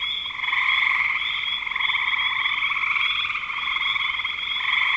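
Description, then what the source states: Frog chorus, dense overlapping high trills that build after the first half second and stay steady. Frogs in spring 2025.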